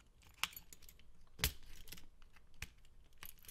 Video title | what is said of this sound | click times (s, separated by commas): Samsung Galaxy SmartTag with SmartThings app tutorial | and you'll hear it pop a couple times | 0.4 s, 1.4 s, 2.6 s